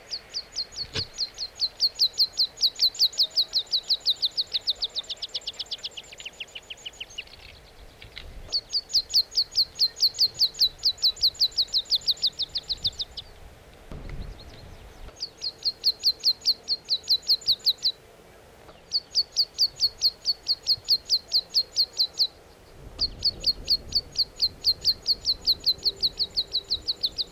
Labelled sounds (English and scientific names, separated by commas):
Meadow Pipit (Anthus pratensis)